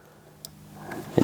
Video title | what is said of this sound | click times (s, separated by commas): Ford Bronco Garmin PowerSwitch Install | just locked in place, you can hear it click, and then throw the fuse back in. | 0.4 s, 0.9 s, 1.2 s